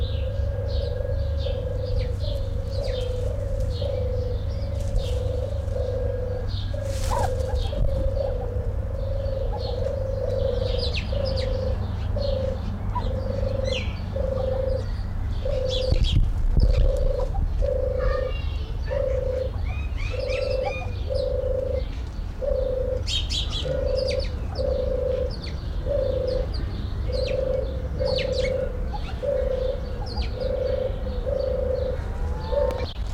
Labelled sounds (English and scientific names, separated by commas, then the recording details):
Himalayan Snowcock (Tetraogallus himalayensis) call
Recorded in captivity
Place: Zoo Dresden, Sachsen, DE
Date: 1993-05-17
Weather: heiter, 22-26 °C
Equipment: Sony WM-D6C, Sennheiser ME 80, Kopie Uher Variocord 263
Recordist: Tembrock, Günter